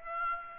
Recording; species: mosquito wingbeat signal from an infrared sensor; Aedes aegypti